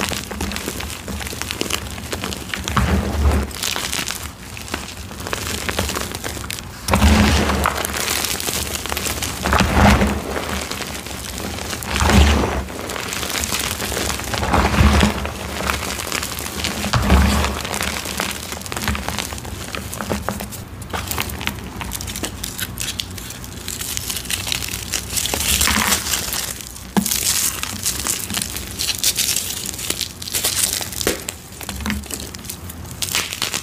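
Dyed gym chalk is crushed in dense, crispy crackles, with bursts of crumbling about every two seconds early on and softer, steadier crinkling later.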